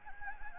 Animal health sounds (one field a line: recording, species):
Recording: mosquito wingbeat signal from an infrared sensor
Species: Anopheles gambiae